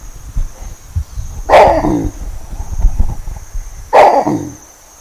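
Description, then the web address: Baboon loud hoarse barking calls, two of them about two and a half seconds apart, each dropping in pitch, over low rumbling and shuffling noise. Lost call given by an individual separated from its troop. "baboons Eir"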